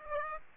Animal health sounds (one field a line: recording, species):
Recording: mosquito wingbeat signal from an infrared sensor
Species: Aedes aegypti